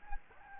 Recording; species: mosquito wingbeat signal from an infrared sensor; Anopheles gambiae